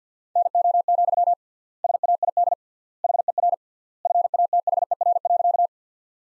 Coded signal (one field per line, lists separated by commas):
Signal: Morse code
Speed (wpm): 50 wpm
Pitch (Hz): 700 Hz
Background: none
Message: NO, SAID HER FATHER.